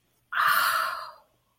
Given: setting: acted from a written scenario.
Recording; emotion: vocal sound without words; desire